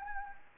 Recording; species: mosquito wingbeat signal from an infrared sensor; Anopheles gambiae